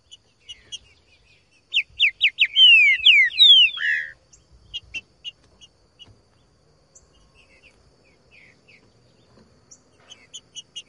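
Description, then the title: Green-winged Saltator delivering a loud, rapid series of sweeping whistles ending in a lower note, with quieter scattered notes before and after. Song in the bush, used to warm up a trinca-ferro and get it singing; song labelled "voz 10". "Canto De Trinca Ferro Voz 10. TRINCA FERRO CANTANDO NO MATO. ESQUENTAR TRINCA FERRO"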